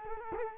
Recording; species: mosquito wingbeat signal from an infrared sensor; Culex quinquefasciatus